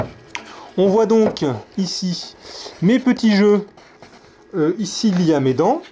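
Two wooden boards with freshly cut box-joint fingers are pushed together by hand, the fingers going into the mating board. A sharp wooden knock at 0.4 s marks the joint closing, and the boards fit together perfectly. Someone talks throughout.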